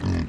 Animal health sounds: contact call of a hoofed animal; wild boar; grunt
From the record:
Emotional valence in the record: positive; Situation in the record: food anticipation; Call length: 0.29 s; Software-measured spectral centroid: 1630 Hz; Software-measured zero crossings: 750 a second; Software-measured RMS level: -24 dBFS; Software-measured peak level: -14 dBFS

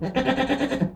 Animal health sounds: contact call of a hoofed animal; goat; low-frequency (closed-mouth) or high-frequency (open-mouth) call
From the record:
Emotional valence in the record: negative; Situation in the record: food frustration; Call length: 0.95 s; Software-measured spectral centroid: 1630 Hz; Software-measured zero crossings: 1370 a second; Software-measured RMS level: -24 dBFS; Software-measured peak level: -7 dBFS

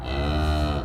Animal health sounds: contact call of a hoofed animal; cattle; low-frequency (closed-mouth) or high-frequency (open-mouth) call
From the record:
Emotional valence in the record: negative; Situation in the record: full separation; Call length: 0.85 s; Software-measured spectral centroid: 1960 Hz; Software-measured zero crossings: 1170 a second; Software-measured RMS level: -24 dBFS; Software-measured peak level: -13 dBFS

